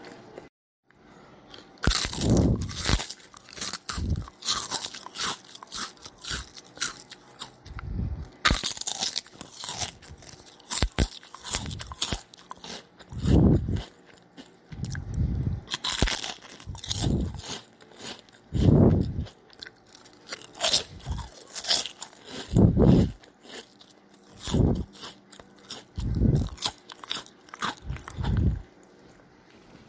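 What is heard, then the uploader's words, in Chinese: A girl eats cookies, crunching loudly and almost without pause after a quiet first two seconds. Sharp, crisp bites and chewing snaps come in dense, irregular bursts, with heavier, fuller crunches standing out around the middle and later parts. 22歲少女吃餅乾。吃餅乾的聲音很鬧騰。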